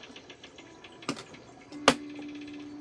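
A colored pencil is pressed back into its slot in the plastic holder of a new pencil set. It snaps in with a sharp, loud click at 1.9 s, after a fainter tick near 1.1 s, and then a steady low hum continues.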